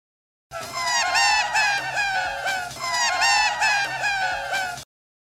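A sped-up tape loop of a man's voice saying "ah, ah, ah" that sounds like seagull cries: shrill, squawking tones swooping up and down in a dense, loud pattern that cycles and repeats about every two and a half seconds.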